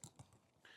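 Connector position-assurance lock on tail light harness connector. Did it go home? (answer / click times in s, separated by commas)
yes / 0.0 s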